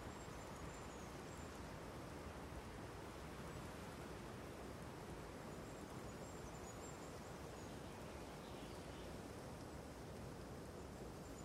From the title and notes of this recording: Windy Spring Day. By request we have created another soundscape set in the forest, but this time with the wind as a focus.